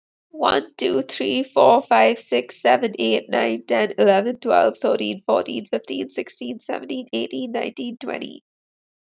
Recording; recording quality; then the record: counting at a fast pace; excellent, no background noise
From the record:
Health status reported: COVID-19 positive, mild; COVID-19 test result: positive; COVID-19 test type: rapid antigen test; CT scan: not taken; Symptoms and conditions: cough, cold, breathing difficulty, sore throat, fever, fatigue, muscle pain, diarrhoea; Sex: female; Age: 21 years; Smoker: no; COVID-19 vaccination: both doses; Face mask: not worn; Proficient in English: yes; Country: India